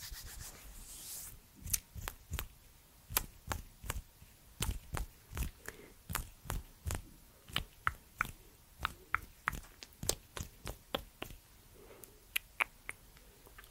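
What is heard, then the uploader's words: Quiet hand movements with mouth sounds: a soft rubbing swish opens the first second or so, then a run of sharp, crisp clicks and taps follows at an uneven pace, roughly two each second. A faint low hum sits underneath. ASMR HAND MOVEMENTS and mouth sounds.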